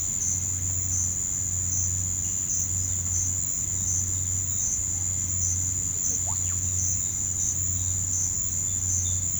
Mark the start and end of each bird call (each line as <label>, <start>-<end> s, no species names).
bird call, 6.25-6.59 s